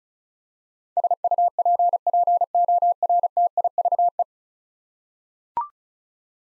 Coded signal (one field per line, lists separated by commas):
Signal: Morse code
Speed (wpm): 34 wpm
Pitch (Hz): 700 Hz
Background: none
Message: SUPPORTIVE